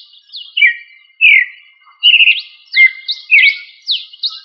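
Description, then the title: Thrush song: a lively run of varied high whistled and slurred notes, some sweeping down sharply, delivered in quick bursts with short pauses. Sabiá, a thrush of the family Turdidae. "Familia Turdidae - Sabia"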